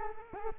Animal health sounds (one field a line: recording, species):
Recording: mosquito wingbeat signal from an infrared sensor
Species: Culex quinquefasciatus